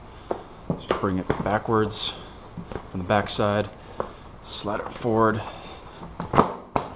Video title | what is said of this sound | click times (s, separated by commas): How to install body panels on a 2013 KLR 650 gen 2 | it lock into place step on it feels good | 6.8 s